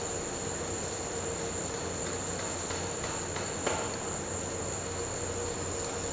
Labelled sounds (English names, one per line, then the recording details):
none
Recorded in pastures near Puerto Asís, Putumayo, Colombia, on 4 March 2025 at 15:30
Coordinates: 0.466, -76.322
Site CSA-02